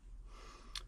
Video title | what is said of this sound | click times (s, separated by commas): 1st Gen Dodge Window Seal Replacement and door panel refurb | into the hole that closes up and pops it in place. | 0.8 s